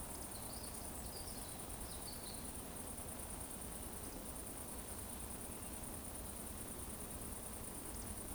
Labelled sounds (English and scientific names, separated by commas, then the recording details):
Eurasian Woodcock (Scolopax rusticola) whistle
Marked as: whistle, whistle, whistle
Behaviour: display flight
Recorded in Baden-Württemberg, Germany, on 25 June 2020 at 20:13 UTC
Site 14569, 102 m above sea level